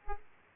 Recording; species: mosquito wingbeat signal from an infrared sensor; Aedes aegypti